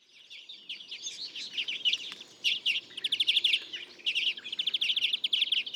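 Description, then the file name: European greenfinch calls: quick twittering notes building into fast, regular trills and buzzy chatter that grows louder toward the end. "Chloris chloris"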